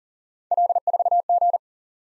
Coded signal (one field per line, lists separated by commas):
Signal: Morse code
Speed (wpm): 46 wpm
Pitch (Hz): 700 Hz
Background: none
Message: L4G